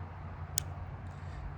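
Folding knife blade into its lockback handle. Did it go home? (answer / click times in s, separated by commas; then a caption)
yes / 0.6 s. A folding knife blade is worked into its lockback handle a second time and snaps into place with one crisp, sharp click at 0.6 s. The snap stands out over a steady low hum. The blade seats and locks.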